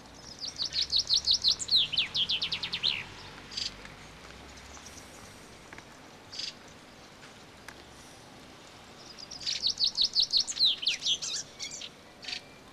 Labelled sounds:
Common Chaffinch song
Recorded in the wild
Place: Grindelwald, Bern, CH
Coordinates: 46.6242, 8.04167
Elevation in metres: 1048
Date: 1979-06-07
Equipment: Uher 4000 Report, Sennheiser MKH 815 T
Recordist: Tretzel, Erwin

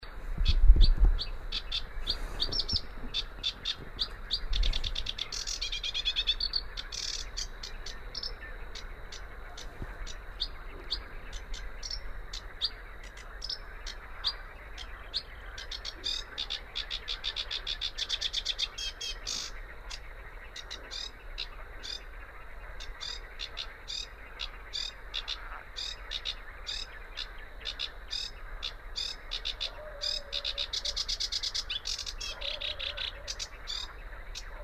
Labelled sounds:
Sedge Warbler song
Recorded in the wild
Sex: male
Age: adult
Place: Teerofenbrücke, Nationalpark Unteres Odertal, Brandenburg, DE
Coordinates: 53.1508, 14.3608
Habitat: wetland
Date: 2013-05-04 23:50
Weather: clear, windless, 5°C
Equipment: Sound Devices 702, Sennheiser MKH 70, Rycote Windschutz
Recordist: Frommolt, Karl-Heinz

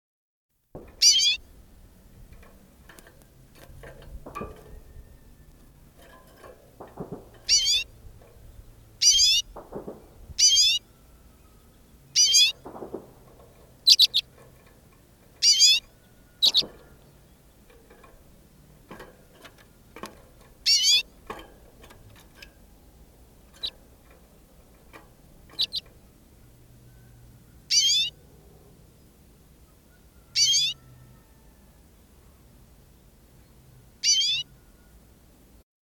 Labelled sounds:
Common Redpoll call
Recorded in the wild
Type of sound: call
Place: Binz, Insel Rügen, Mecklenburg-Vorpommern, DE
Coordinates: 54.39, 13.611
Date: 1978-01-07
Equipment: Nagra III BH, Sennheiser MD 21
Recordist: Schubert, Michael
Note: Birkenzeisig (Carduelis f. flammea) beim natürlichen Locken von überfliegenden Artgenossen

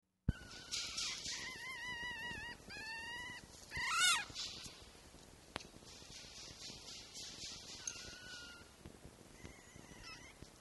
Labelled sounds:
Red Fox
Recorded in captivity
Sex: group
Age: juvenile
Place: Zoologisches Institut der HUB, Berlin, DE
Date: 1955-04-25 12:00
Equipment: Elmetra
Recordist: Tembrock, Günter

